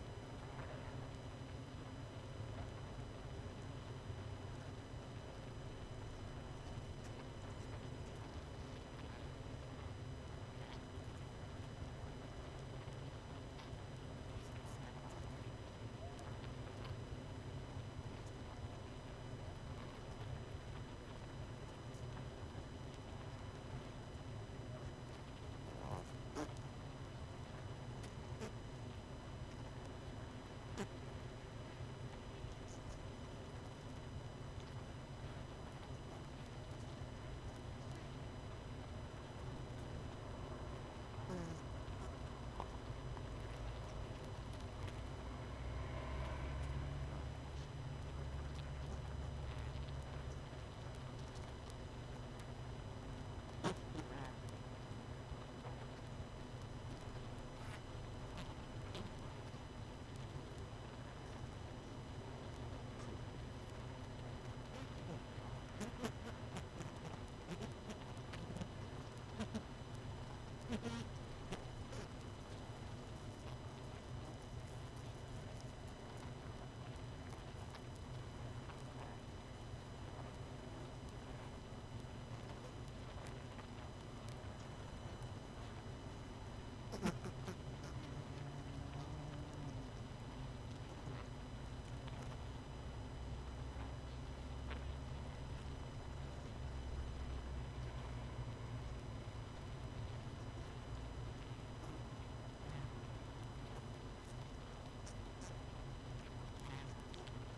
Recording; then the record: honeybee colony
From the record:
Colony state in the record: missing queen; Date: 31 May 2018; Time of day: 21:12